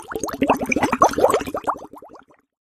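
A quick run of bubbly, popping gurgles with rising pitch lasts about two seconds, then fades into silence. This is mild stomach gurgling (borborygmi) in an adult who has eaten too little, the harmless sound of gas and fluid moving through the gut.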